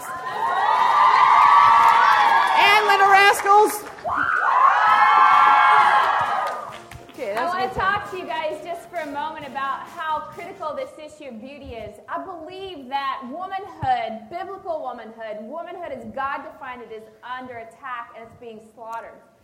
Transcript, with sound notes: And the Little Rascals (Cheers)
I want to talk to you guys just for a moment about how critical this issue of beauty is. I believe that womanhood-biblical womanhood-womanhood as God defined it is under attack, and it's being slaughtered.